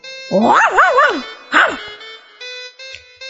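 dog barking

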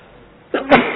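sneeze

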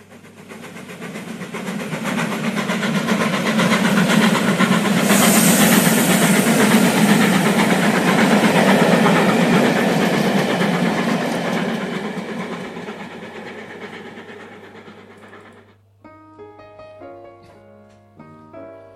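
train running on rails

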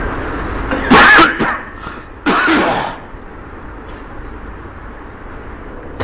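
coughing

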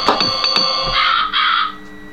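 bird call sound effect

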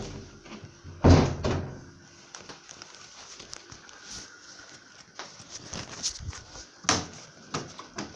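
door being closed

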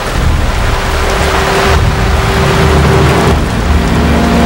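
heavy rain falling

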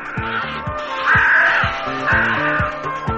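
crow cawing

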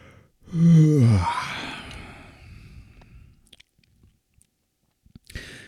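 yawn

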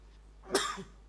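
cough

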